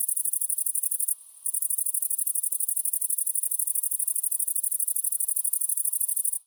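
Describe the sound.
Grasshopper giving a long, continuous high-pitched rasping trill of rapid pulses, broken once by a brief pause early on, then running unbroken until it stops.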